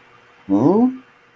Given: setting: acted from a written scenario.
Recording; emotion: vocal sound without words; confusion